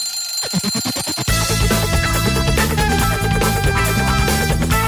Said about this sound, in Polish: Trójkowy budzik.